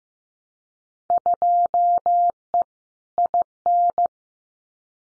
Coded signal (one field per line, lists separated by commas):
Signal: Morse code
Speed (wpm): 15 wpm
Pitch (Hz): 700 Hz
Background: none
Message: 2E IN